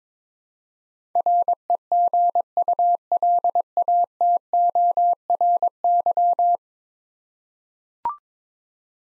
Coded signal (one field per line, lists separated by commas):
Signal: Morse code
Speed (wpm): 22 wpm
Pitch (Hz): 700 Hz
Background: none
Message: REGULATORY